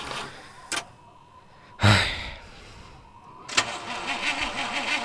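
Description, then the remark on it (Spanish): A rented car's engine is cranked in several attempts and fails to start: a short burst, a louder sputtering grind, then a longer rough, wavering churn that never settles into a steady idle. No voices. “Esto no arranca.”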